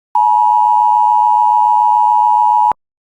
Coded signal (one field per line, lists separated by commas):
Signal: Emergency Alert System (SAME) tones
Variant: 853 and 960 Hz attention tone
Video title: Upper Michigan SVR EAS #226